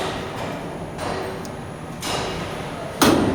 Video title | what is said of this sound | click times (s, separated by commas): 11 kv Load Breaker switch LBS operating system Any Requirement pls contact cell 8143171851 | and you can hear the click sound. Now you can see | 3.0 s